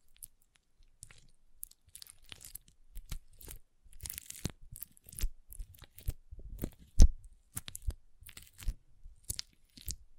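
Water beads crunch and squish in quick, irregular bursts, with short sharp crackles scattered through the whole ten seconds. The sounds come in clusters, busiest from about four to seven seconds, where one louder pop stands out, separated by brief near-silent gaps.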